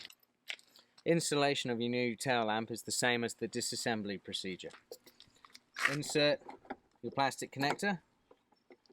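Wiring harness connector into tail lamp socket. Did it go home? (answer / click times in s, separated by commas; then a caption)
no / none. A plastic wiring harness connector is handled at the socket of a new tail lamp on a Dodge Grand Caravan while someone talks. Faint handling taps and knocks sound around the speech. The connector has not clicked or seated yet.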